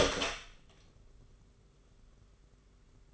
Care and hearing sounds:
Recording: daily activity, microphone in the room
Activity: open door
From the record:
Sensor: 4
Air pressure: 991.3 hPa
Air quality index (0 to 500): 134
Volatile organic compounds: 49 ppm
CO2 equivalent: 3279 ppm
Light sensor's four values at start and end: 9/21/8/9 and 14/34/13/15

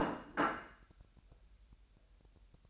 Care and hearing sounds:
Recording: daily activity, microphone in the room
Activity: place plate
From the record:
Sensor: 2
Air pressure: 1001.9 hPa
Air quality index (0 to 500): 247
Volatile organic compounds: 39 ppm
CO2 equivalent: 3131 ppm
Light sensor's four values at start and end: 8/28/11/10 and 8/28/11/10

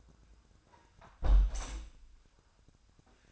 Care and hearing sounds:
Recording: daily activity, microphone in the room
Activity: close window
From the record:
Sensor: 2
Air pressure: 1004.5 hPa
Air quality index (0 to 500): 73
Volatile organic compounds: 1 ppm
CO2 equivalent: 859 ppm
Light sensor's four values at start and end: 6/14/5/5 and 6/14/5/5

